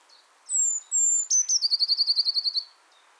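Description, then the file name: Eurasian blue tit giving two long thin high whistles, then a quick stuttered start leading into a fast, even, buzzy trill of repeated pulses. "Cyanistes caeruleus"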